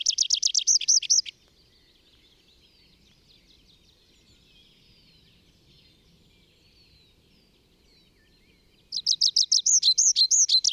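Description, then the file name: Tree pipit song: a rapid high trilled phrase, then soft bird chatter for several seconds before another loud run of repeated sweeping notes. Recorded in the Bavarian Forest, Germany, on 25 April 2015. "Baumpieper. Bayerischer Wald REG. Susanne Rieck"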